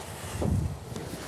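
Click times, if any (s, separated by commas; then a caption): none. A folding murphy bed frame is pushed up into its wall cabinet in a travel trailer, heard as a low, rumbling swell of handling noise around 0.4 to 0.7 s over a steady windy hiss, with a brief sharp tick near 1.0 s. The bed has not locked into place yet; nothing has seated or clicked.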